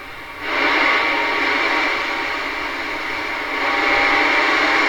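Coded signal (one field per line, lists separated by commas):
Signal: numbers station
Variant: HM01 digital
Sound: weak, steady rushing digital hiss filling the voice band, buried in static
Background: radio static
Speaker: I hear the digital stuff that they send out, but it's very, very weak. 16180 for HM01.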